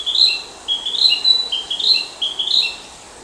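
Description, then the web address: Narcissus flycatcher song: clear whistled phrases pairing a higher note with a lower one, repeated rapidly about four times in three seconds, with faint background hiss. Recorded 9 June 2020. "sound 20200609 kibitaki"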